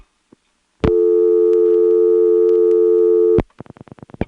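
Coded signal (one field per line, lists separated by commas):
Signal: telephone call progress tone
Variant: North America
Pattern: dial tone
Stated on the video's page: Senderized XY step switching office in Lexington, SC.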